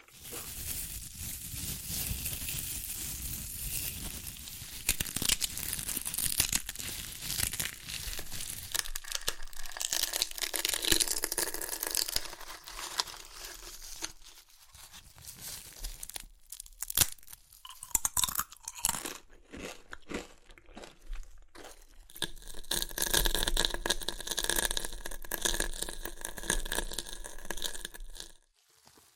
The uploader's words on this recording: ASMR Satisfying Chips Crunchy Crushing & Eating Sounds (No Talking).